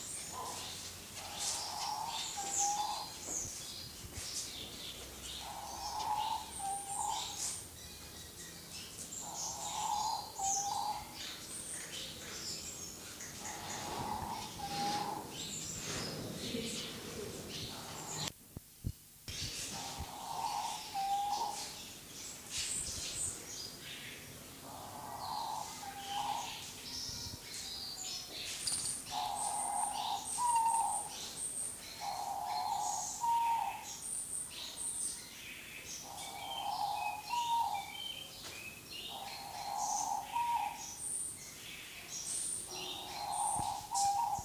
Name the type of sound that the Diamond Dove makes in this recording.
courtship call